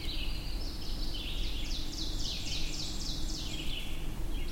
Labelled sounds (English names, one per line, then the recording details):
Ovenbird song
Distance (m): 80 m
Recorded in boreal forest in Alberta, Canada, on 22 June 2016 at 08:08
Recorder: SongMeter 3, array SBT-6-76
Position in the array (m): 154 m, 120 m
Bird 3